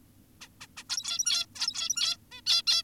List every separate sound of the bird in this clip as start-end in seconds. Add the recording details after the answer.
0.41-0.48, 0.61-0.67, 0.77-0.84, 0.90-1.46, 1.56-2.17, 2.32-2.41, 2.46-2.62, 2.67-2.83. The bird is an adult. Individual g17y2U